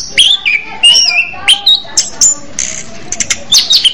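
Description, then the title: Orange-headed thrush song, a rich run of varied whistled phrases, some sliding down and others sharp and rising, delivered in quick bursts with short pauses between them. "Anis Merah"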